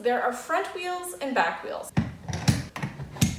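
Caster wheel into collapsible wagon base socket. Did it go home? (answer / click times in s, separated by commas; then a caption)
yes / 3.2 s. A back caster wheel's stem is pushed into its socket on the underside of a ROSONG collapsible wagon's steel-frame base while someone talks. A run of short knocks and rattles follows, ending in the loudest sharp snap at 3.2 s as the wheel seats in place.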